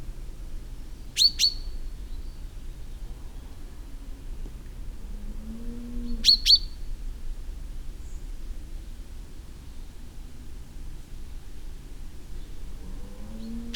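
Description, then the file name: Common chaffinch giving short, bright chip calls in doubled bursts spaced about five seconds apart, over a low hum and faint lower tones. "Fringilla coelebs"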